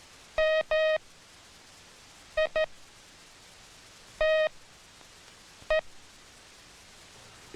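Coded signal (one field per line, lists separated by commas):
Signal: Morse code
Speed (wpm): 14 wpm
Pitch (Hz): 630 Hz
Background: none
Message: M I T E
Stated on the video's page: Morse code learning material from the US Army.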